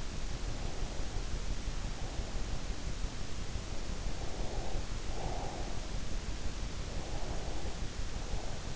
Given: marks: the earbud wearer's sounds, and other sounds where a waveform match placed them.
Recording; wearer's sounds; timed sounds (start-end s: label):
sounds in sleep by an in-ear microphone; breath
0.28-2.57 s: breath
4.20-6.06 s: breath
6.76-8.76 s: breath